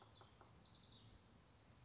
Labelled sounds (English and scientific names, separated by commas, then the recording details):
House Wren (Troglodytes aedon)
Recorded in Sonoma County, California